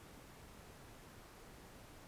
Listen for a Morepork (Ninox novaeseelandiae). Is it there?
no